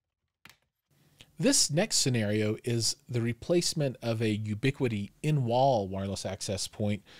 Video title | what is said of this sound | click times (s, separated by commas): Alta Labs AP6 Professional - BEST WIFI 6 WAP FOR GAMING and STREAMING! | आपको इसे सही स्थिति में रखना होगा और फिर आप इसे एक तरफ घुमाएंगे और फिर इसे दूसरी तरफ घुमाएंगे और यह क्लिक करेगा | 0.5 s